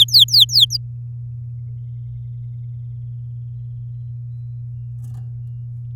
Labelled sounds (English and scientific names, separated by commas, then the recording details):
Domestic Canary (Serinus canaria) song
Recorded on 10 May 2018 at 16:23
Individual llb16